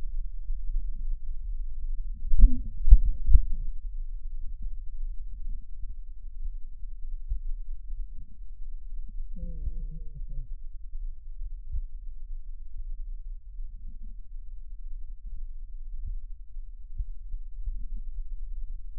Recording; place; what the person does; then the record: lung sounds by stethoscope; right posterior basal chest; quiet breathing, then cough and speech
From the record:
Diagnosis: COPD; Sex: male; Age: 65 years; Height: 162 cm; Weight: 67.8 kg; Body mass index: 25.8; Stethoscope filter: bell mode